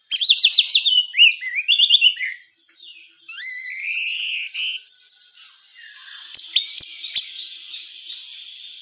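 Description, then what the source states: Orange-headed thrush song: a rich, varied run of rapid high trills and whistled phrases, a long rising slurred note in the middle, then short sharp notes toward the end. Female; its song meant for therapy or training.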